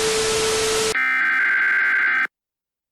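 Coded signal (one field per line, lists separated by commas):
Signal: Emergency Alert System (SAME) tones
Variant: header bursts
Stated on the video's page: Fictional EAS scenario, a requested series finale.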